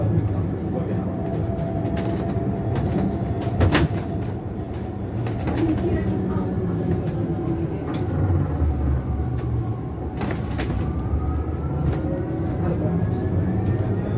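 A bus ride: a steady low engine rumble runs throughout, with rattles and sharp clicks scattered across the clip, strongest around four and ten seconds. A thin whining tone holds in the middle, and faint voices come through underneath the engine noise.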